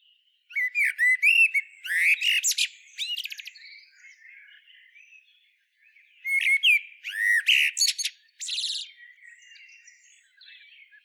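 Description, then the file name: Common blackbird giving two loud bursts of high, squeaky twittering and scratchy notes, each fading into softer chatter. "Turdus merula"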